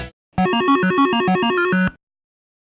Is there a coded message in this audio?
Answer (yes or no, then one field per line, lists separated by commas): no